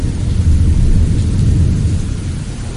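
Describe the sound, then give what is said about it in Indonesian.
Heavy rain pours steadily outside with a deep, continuous rumble of thunder underneath, a loud wash of noise that holds for the whole few seconds with no voices. “Di luar sana hujan cukup deras.”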